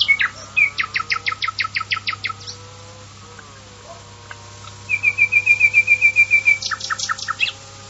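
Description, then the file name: Common nightingale song: a fast series of repeated sharp notes, a pause, then a rapid run of clear whistled notes followed by more chirps. "usignolo"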